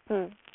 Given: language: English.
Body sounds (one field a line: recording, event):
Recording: throat vibration sensor signal played as sound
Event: speech